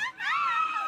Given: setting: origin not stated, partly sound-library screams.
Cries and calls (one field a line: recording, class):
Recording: one-second piece from a danger detection set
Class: woman in danger